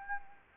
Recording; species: mosquito wingbeat signal from an infrared sensor; Anopheles gambiae